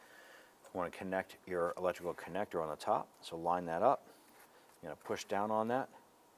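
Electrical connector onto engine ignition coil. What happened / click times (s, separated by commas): Connector handled but not yet seated; no locking click heard / none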